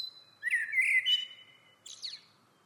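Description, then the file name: Common blackbird phrase: a thin high note, then a fluty warbled passage around mid-pitch, ending in a short high squeaky twitter. "Turdus merula"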